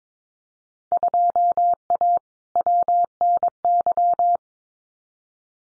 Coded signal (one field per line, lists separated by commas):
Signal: Morse code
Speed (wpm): 22 wpm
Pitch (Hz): 700 Hz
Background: none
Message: 2A WNY